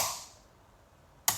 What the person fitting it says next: Heard the click there, done.